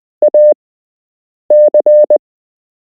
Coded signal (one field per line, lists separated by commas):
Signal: Morse code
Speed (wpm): 20 wpm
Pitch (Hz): 600 Hz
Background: none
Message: AC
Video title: You can learn Morse code - Part 1